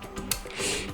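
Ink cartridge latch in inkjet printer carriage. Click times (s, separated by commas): 0.3 s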